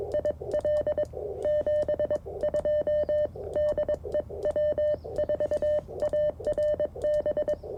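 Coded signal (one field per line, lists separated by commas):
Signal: Morse code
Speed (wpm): 21 wpm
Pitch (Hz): 600 Hz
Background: none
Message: IL 72 DE W4ARB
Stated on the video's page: QRP CW Parks on the Air activation using a CFT1 radio, a Modern Morse Nameless key, and a whip antenna with a coil.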